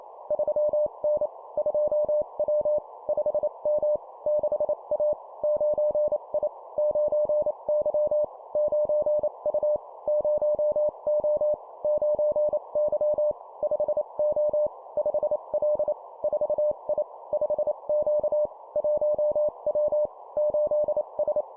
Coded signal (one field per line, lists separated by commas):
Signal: Morse code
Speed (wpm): 28 wpm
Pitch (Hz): 600 Hz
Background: none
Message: 3N 2W 5M 6A 9I 9Y 9U 0O 9Y 5O 5L 4I 5Q 1W 8S